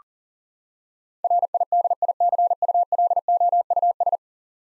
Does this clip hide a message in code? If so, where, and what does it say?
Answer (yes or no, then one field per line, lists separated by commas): yes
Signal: Morse code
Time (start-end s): 1.2-4.2 s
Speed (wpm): 40 wpm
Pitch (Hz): 700 Hz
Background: none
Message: RIDICULOUS